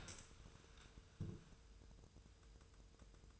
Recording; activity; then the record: daily activity, microphone in the room; stand up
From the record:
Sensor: 2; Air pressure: 1004.9 hPa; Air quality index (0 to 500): 95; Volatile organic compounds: 2 ppm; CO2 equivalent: 1153 ppm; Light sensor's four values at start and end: 7/16/7/7 and 7/17/7/7